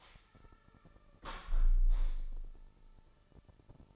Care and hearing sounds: daily activity, microphone in the room; close window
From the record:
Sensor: 5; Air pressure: 1000.0 hPa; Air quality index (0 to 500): 246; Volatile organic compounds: 33 ppm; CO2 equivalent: 3020 ppm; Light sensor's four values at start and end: 34/80/32/31 and 34/80/32/31

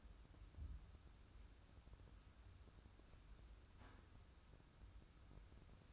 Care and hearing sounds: daily activity, microphone in the room; wipe stove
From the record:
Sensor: 2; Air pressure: 994.3 hPa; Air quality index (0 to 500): 214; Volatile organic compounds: 1000 ppm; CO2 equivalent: 7086 ppm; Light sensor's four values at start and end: 136/324/137/141 and 136/323/137/141

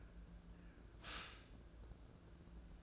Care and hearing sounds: daily activity, microphone in the room; stop toaster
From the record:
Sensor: 2

